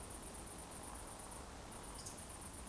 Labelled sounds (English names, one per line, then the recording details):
Eurasian Woodcock whistle
Eurasian Woodcock croak
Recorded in Baden-Württemberg, Germany, on 24 June 2020 at 20:20 UTC
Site 14569, 102 m above sea level